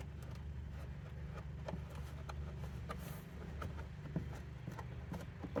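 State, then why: Not seated. During a subwoofer and amp install in a 2021 Audi A4, an interior trim piece or clip is handled and pushed toward its spot in the car body near the subwoofer mount. A steady low rumble runs under scattered sharp knocks and taps. Nothing has seated or clicked yet.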